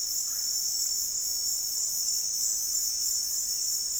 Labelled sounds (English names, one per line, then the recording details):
none
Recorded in dense forest near Puerto Asís, Putumayo, Colombia, on 24 March 2025 at 17:00
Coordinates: 0.503, -76.323
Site GP09